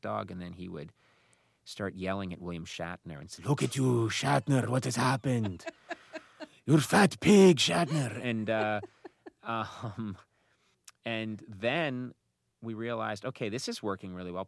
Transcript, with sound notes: And then he would start yelling at William Shatner and saying: Look at you, Shatner. What has happened? You're fat pig, Shatner.
(LAUGHTER)
And then we realized, OK, this is working really well.